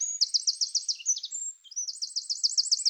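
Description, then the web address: Eurasian wren trilling: high, rapid runs of repeated sharp notes broken by brief level whistles, with the trill resuming strongly after a short pause. "Troglodytes troglodytes"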